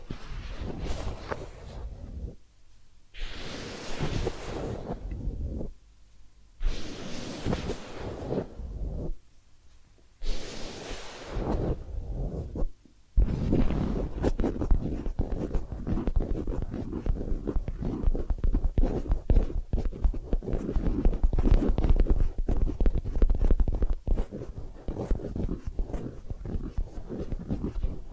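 Massage and ear cleaning sounds: the first half has slow strokes of soft brushing rubs, each lasting a second or two with brief pauses between. After about thirteen seconds it turns into continuous, dense scratchy rubbing and crackling with a steady low rumble underneath.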